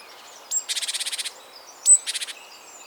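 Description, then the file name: Great tit scolding with two short rattling churrs of rapid buzzy pulses, each led by a sharp high note, against quiet hiss. "Parus major"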